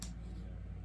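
The two plastic halves of a CUPSHE bikini-top clasp are snapped together, giving one sharp click at 0.0 s followed by a steady low hum for the rest of the clip. The clasp seats, but it comes undone as soon as it is turned and feels cheap and plastic.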